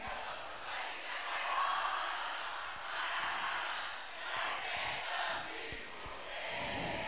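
A large crowd at a live party at Palácio dos Bares shouts and cheers together on the MC's call, in a sustained, dense roar that swells and dips slightly, with scattered individual yells rising above the wall of voices.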